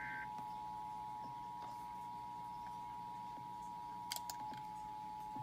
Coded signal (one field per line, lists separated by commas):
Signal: Emergency Alert System (SAME) tones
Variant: 853 and 960 Hz attention tone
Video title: Riverside San Bernardino Required Monthly Test EAS #494 499